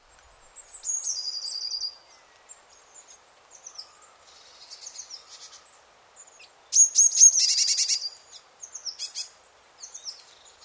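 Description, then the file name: Eurasian blue tit calls: a high thin descending note running into a fast trill, then a burst of buzzy churring scolds, with softer chips between. "Cyanistes caeruleus"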